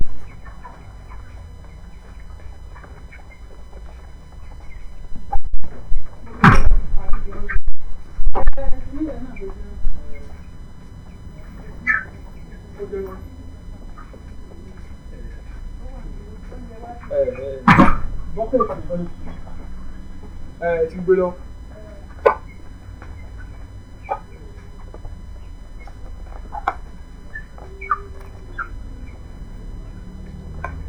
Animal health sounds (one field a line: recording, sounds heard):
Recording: poultry house recording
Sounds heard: background noise or bird activity such as feeding and pecking